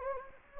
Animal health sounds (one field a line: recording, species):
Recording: mosquito wingbeat signal from an infrared sensor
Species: Anopheles gambiae